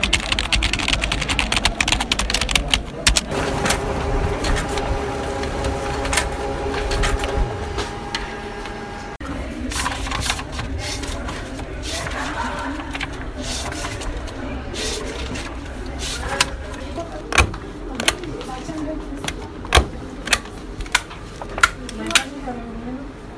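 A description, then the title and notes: A printer runs through its cycle, with a steady mechanical whir and a low rumble underneath. Sharp clicks and clacks come irregularly, clustered early, then more spaced out after the middle, when the motor hum shifts. A faint voice may sound in the background. Nat Sound Exercise :: AUC Library. Sound of a printer.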